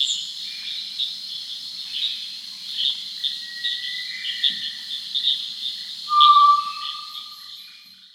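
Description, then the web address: Gray tinamou giving a single steady whistle late, held for under a second, over a constant high insect drone and fainter higher whistles. Venezuela. "Birds of the Amazon 1. Gray Tinamou (Tinamus tao), Venezuela"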